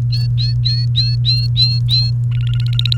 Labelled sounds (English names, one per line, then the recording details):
Domestic Canary song
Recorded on 29 April 2018 at 07:29
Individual llb3